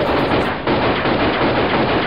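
A loud, dense burst of pistol gunshots packed so tightly they blur into one harsh, continuous roar, with a brief dip early on and no voices.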